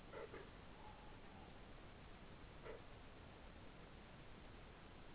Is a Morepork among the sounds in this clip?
yes